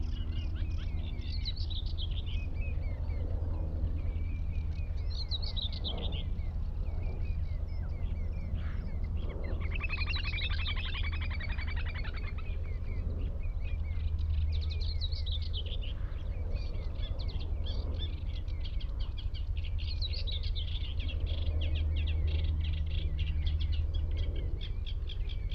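Wading birds call in bright, repeated phrases over a steady low rumble, with a burst of rapid song around ten seconds and intermittent chirps throughout.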